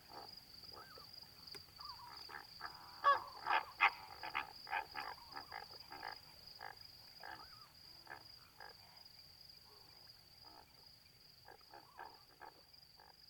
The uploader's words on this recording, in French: 23h10 - Etang de Vaccares - Camargue - Nagra seven - B&K - omni. Installé pour la nuit sur le bord de l'étang, la nuit est d'un calme étonnant pour la Camargue. Pas un souffle de vent et une superbe ambiance de Flamant rose ( Phoenicopterus ruber ). Tranquillement de l'eau à mi-pattes ils se nourrissent en discutant parfois.